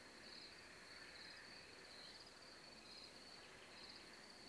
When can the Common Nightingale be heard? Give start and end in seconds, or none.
3.40-4.08